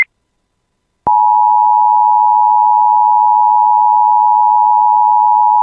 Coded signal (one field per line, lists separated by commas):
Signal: Emergency Alert System (SAME) tones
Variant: 853 and 960 Hz attention tone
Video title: [EAS] Severe Thunderstorm Warning for Clearwater County and White Earth Nation (8/11/25)